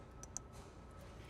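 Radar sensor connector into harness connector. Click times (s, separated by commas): 0.2 s, 0.4 s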